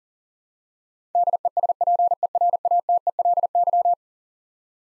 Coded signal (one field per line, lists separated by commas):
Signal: Morse code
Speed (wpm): 40 wpm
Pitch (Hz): 700 Hz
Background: none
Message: DESPERATELY